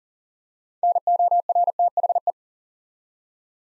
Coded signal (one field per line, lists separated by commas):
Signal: Morse code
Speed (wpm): 42 wpm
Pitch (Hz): 700 Hz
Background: none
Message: NORTHE